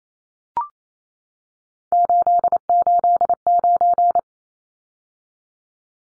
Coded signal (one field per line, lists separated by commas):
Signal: Morse code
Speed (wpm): 28 wpm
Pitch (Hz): 700 Hz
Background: none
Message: 889